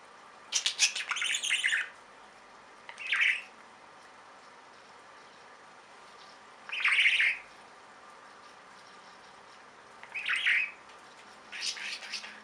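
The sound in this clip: Budgerigar calls: harsh, buzzy bursts near the upper-middle range, some clusters lasting about a second, separated by pauses of one to three seconds over a steady hiss.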